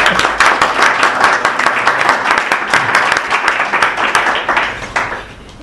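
audience applause

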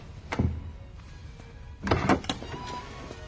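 door closing

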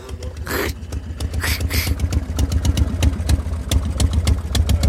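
car engine running

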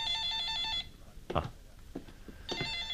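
telephone ringing

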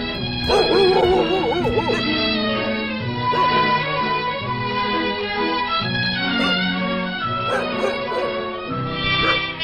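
dogs barking and whimpering

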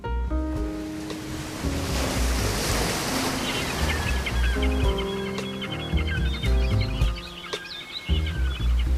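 waves lapping

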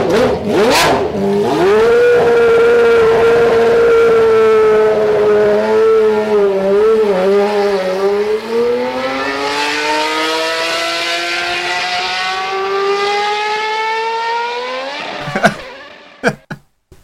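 racing car engines revving

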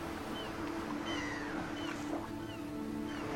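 seagulls calling

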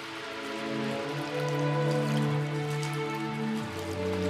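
shower water running

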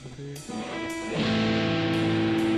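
distorted electric guitar

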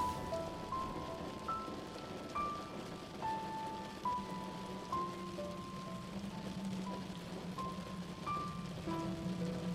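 rain falling at night

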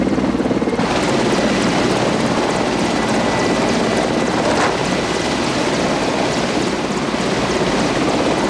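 helicopter landing

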